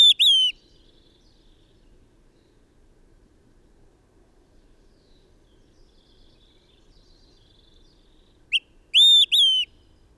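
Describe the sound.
Bird song of clear high whistles at the start, a long quiet gap of faint hum, then a chip and two more long whistles near the end.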